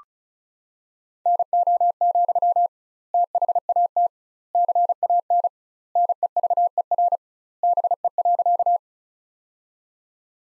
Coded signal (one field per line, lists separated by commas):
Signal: Morse code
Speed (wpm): 34 wpm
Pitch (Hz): 700 Hz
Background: none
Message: NO, THAT CAN NEVER BE.